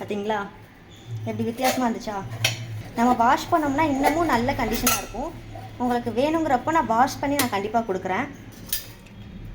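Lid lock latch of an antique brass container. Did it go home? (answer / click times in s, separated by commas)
yes / 8.7 s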